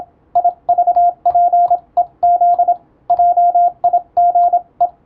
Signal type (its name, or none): Morse code